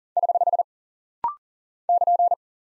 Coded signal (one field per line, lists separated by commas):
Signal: Morse code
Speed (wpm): 40 wpm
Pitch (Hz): 700 Hz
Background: none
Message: <HH> <KN>